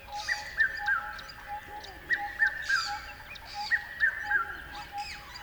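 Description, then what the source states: Bird giving short falling three-note phrases in quick succession, with a constant lower pulsing tone and sharp high ticks around it. River at dawn.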